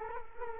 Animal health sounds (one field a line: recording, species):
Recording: mosquito wingbeat signal from an infrared sensor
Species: Culex quinquefasciatus